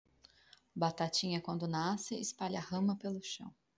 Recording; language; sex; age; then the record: short text; Brazilian Portuguese; female; 40 to 49 years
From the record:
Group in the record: control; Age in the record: 40 years